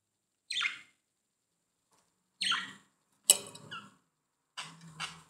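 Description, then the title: Budgerigar squawks: a few harsh, short calls separated by pauses, the last ones rougher and more buzzy. "Budgie Sounds"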